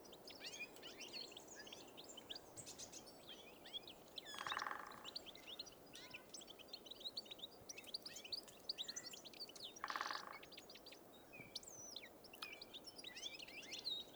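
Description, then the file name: European goldfinch calls, a busy overlapping twitter of short high chirps throughout, with two brief buzzy harmonic bursts about five seconds apart. "Carduelis carduelis"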